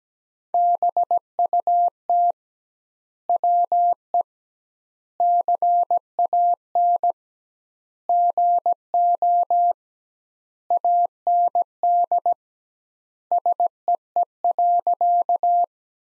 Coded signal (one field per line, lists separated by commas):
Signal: Morse code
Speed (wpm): 17 wpm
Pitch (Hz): 700 Hz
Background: none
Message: BUT WE CAN GO AND SEE.